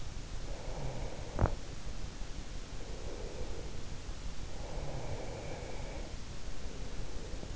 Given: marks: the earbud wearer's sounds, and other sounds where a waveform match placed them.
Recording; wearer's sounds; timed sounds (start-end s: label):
sounds in sleep by an in-ear microphone; breath
0.32-3.85 s: breath
4.66-7.56 s: breath